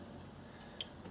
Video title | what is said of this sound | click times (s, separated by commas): Princess Y95 yacht tour - Access all areas of this new British superyacht - MBY | so that will keep on going all the way up takes a little bit of time to lock into place | 0.8 s